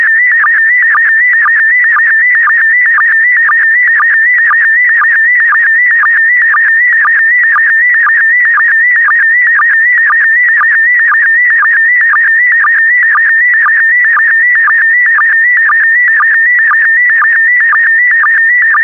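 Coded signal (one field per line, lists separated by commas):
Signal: SSTV (slow-scan television)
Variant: PD120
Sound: continuous warbling tone wavering around 2 kHz, with short low blips twice a second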